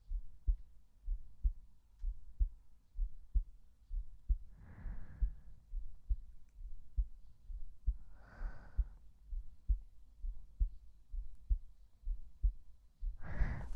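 Steady, soft low thumps repeat at about 64 beats a minute in an even rhythm: a woman's own resting heartbeat heard close up, calm enough to nearly lull her to sleep. Two faint breath-like hisses pass in the middle, and a loud rustle ends it.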